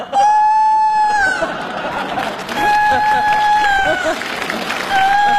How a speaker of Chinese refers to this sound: 这咋还打鸣呢？你这还哟？